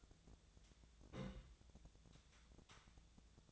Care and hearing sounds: daily activity, microphone in the room; place on stove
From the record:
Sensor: 3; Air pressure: 1000.0 hPa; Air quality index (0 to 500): 125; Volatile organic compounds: 2 ppm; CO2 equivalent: 1122 ppm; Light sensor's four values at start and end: 46/115/49/55 and 46/115/50/55

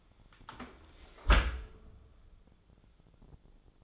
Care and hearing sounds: daily activity, microphone in the room; close dishwasher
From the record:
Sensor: 5

